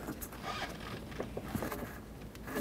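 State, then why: Not seated. A rubber spark plug wire boot is being handled and pushed toward the spark plug terminal on a 2003-2021 Chevrolet Express during an exhaust manifold replacement. Soft rubbing and brief handling ticks are heard over low background hum. Nothing has seated or clicked yet.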